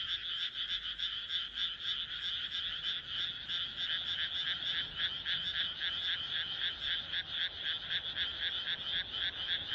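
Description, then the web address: Frogs croaking in a thick chorus, quick pulsed notes running continuously with slight swells in loudness. "kaeru kaeru"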